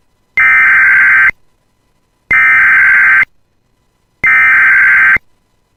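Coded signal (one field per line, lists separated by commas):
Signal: Emergency Alert System (SAME) tones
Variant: header bursts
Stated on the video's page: Civil Emergency Message alert tones for Aitkin, Minnesota, issued due to a wildfire on Great River Road.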